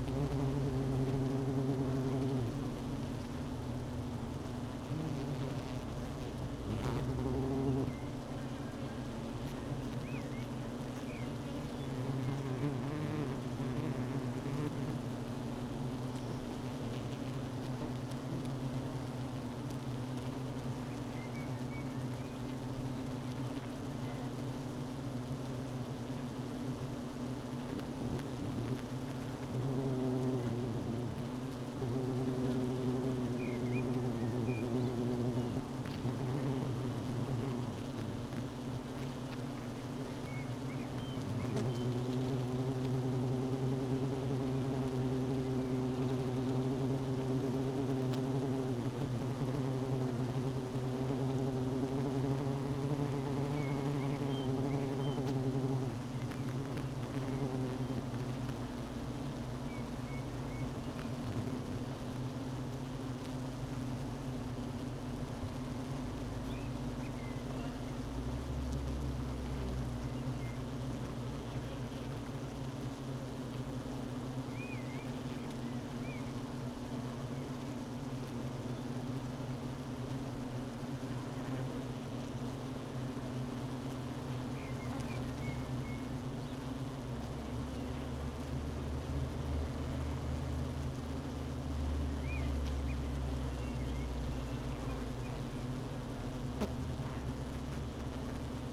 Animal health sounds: honeybee colony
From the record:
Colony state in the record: missing queen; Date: 31 May 2018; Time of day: 12:41

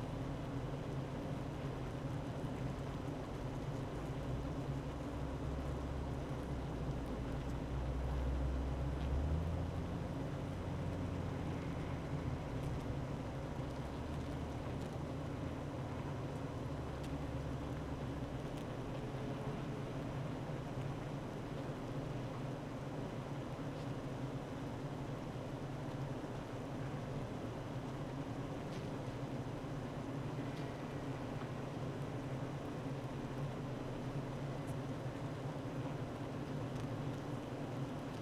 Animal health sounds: honeybee colony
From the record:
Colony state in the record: active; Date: 12 June 2018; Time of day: 9:14

